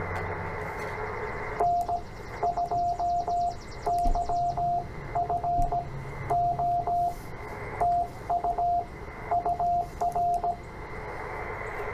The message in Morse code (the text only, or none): N2YFO TU UR